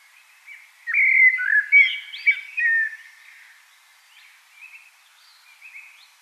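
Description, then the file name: Common blackbird song: a rich warbled phrase with squeaky high inserts, followed by soft, faint twittering notes. "Turdus merula"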